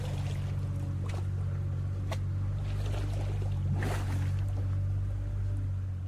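A small boat's engines drone with a steady, low rumble as the boat is brought to a stop at midday and the engine roar ceases, while water sloshes and splashes against the hull in a few brief bursts.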